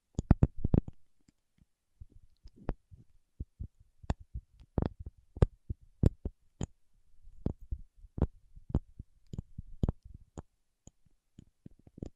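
Paraffin wax being tapped and scratched in sharp, irregular clicks and knocks, clustered early, then scattered with soft low rustles between them.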